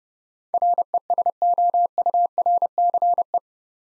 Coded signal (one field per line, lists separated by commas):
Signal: Morse code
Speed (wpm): 29 wpm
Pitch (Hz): 700 Hz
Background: none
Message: RESOURCE